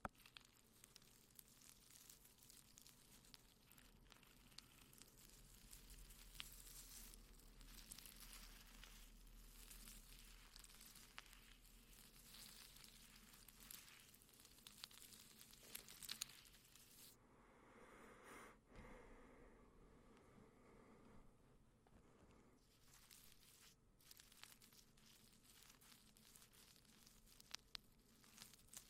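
Soft crinkling of plastic wrap, dense, with a constant hiss of fine crackles through most of the stretch. Around seventeen to twenty-two seconds the crinkling thins and dulls to a quieter rustle, then resumes with scattered sharper snaps.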